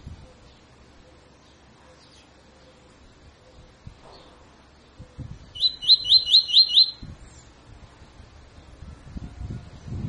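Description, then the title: Double-collared seedeater song: a short burst of five rapid rising notes midway, with low knocking and rumbling sounds around it. Tui tui fibra song style, used as a tutor song for training birds. "COLEIRO TUI TUI FIBRA CANTO PROFESSOR"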